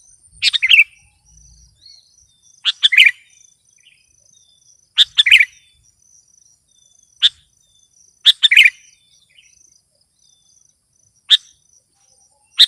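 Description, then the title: Sooty-headed bulbul song: short bubbly chirping phrases repeated at irregular intervals, several in all, over a faint steady high hiss. "kutilang"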